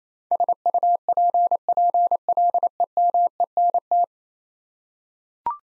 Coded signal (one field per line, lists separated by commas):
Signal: Morse code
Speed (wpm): 28 wpm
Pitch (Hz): 700 Hz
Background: none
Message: SUPPLEMENT